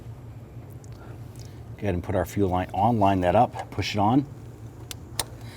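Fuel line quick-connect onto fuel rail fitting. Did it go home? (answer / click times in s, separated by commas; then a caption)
yes / 4.9 s, 5.2 s. Someone talks while a fuel line quick-connect coupling is lined up and pushed onto the fuel rail fitting of a 1999-2004 Jeep Grand Cherokee 4.7L V8. Two sharp clicks sound at 4.9 s and 5.2 s as the coupling snaps into place, fully seated.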